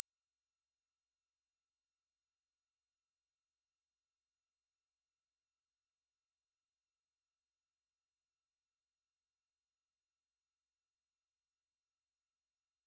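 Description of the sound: A steady, very quiet, high-pitched pure tone near 12 kHz, sounding continuously without change, as a simulation of the ringing heard in tinnitus.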